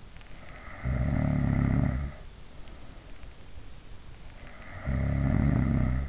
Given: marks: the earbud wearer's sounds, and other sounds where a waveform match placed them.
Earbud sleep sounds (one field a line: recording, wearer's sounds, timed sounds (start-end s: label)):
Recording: sounds in sleep by an in-ear microphone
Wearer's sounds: snoring breath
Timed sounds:
0.87-2.10 s: snoring breath
4.82-6.09 s: snoring breath